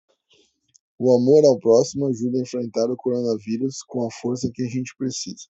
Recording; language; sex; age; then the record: spoken sentence; Brazilian Portuguese; male; 40 to 49 years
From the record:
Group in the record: control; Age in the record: 43 years